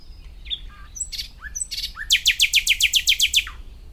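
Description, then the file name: Common nightingale song: a few soft slurred notes and chirps, then a loud rhythmic series of rapid repeated notes. "Luscinia megarhynchos"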